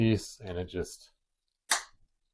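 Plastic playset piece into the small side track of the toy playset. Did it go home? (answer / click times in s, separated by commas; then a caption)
yes / 1.7 s. Someone talks as a plastic piece of the Eternia toy playset is slid along the small track on its side and pushed into place. A sharp snap is heard at 1.7 s, and the piece is seated in the side track.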